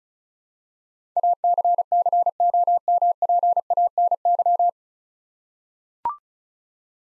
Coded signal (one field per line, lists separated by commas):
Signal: Morse code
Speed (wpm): 36 wpm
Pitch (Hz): 700 Hz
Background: none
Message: ACCOMPANY